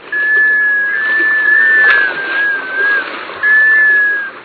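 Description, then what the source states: Black scoter calls: long, musical whistles that waver slightly in pitch, a few run together, then a final clean whistle, with a soft hiss behind. Call of a male black scoter, described as drawn out, eerily musical and carrying far.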